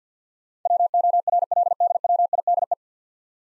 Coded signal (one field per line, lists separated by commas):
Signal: Morse code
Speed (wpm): 50 wpm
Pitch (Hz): 700 Hz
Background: none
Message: WORLDWIDE